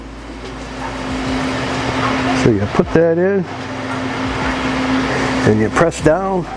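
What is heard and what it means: A plastic pump part is lined up by its tab with the matching feature before being put into the pump assembly of a Taylor C712 soft serve machine and pressed down. Someone talks over a steady mechanical hum with a constant low tone, and there are no hits. Nothing has seated or clicked yet.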